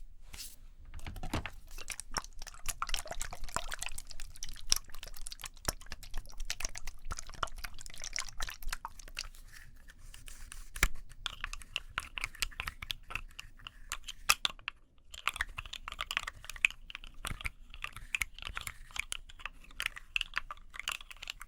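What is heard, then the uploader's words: Someone doing their makeup, with a dense, continuous run of small clicks, taps and light scrapes that fill the whole clip. The tapping is quick and irregular, briefly thinning near fifteen seconds before picking up again, with a faint low hum underneath. Doing Your Makeup ASMR No Talking.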